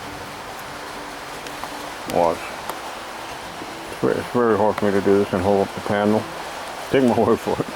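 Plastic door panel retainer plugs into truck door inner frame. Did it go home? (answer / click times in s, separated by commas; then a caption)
no / none. A Ford F150 / Expedition (1997 to 2003) door trim panel is held up against the truck door's inner frame so its plastic retainer plugs can be pressed into their holes. Over steady background hiss, someone talks, and there are brief sharp ticks at 1.6 and 2.7 seconds. Nothing has seated or clicked yet; the clip ends just before the plugs go home.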